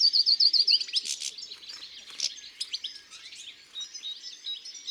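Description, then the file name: European goldfinch song opening with a string of quick repeated chirps, followed by a dense, fainter jumble of twittering notes. Singing in the countryside. "Chardonneret elegant Chants doiseaux dans la campagne"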